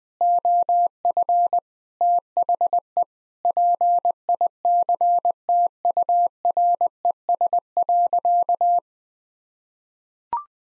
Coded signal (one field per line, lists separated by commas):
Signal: Morse code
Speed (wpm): 20 wpm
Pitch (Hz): 700 Hz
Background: none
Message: OF THE PICTURES.